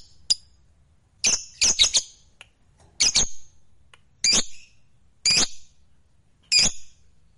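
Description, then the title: Lovebird uttering harsh high squawks in short bursts about once a second, separated by brief silences. Fighter lovebird singing energetically (gacor). "SUARA Lovebird FIGHTER GACOR"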